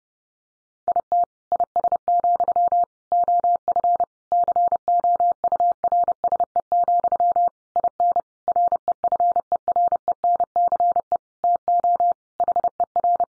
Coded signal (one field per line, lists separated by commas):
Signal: Morse code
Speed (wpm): 28 wpm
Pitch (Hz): 700 Hz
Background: none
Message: IT IS, OF COURSE, IN REFERENCE TO HER